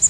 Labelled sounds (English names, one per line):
Prairie Warbler flight call